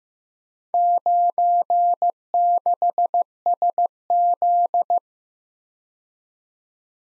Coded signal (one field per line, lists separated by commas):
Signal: Morse code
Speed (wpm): 15 wpm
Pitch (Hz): 700 Hz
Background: none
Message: 96SZ